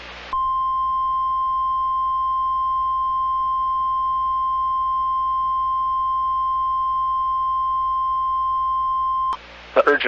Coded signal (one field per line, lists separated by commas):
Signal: Emergency Alert System (SAME) tones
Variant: 1050 Hz attention tone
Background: speech